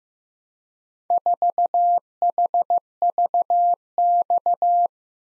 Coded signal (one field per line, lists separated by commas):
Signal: Morse code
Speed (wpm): 15 wpm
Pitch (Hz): 700 Hz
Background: none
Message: 4HVX